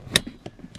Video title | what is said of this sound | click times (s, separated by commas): 2015 Chevrolet Trax Review Vlog 02 - Work, Child Seat Install & The Warehouse Club | until it catches and you'll hear it catch here let's see if I can get it audible for you that's | 0.2 s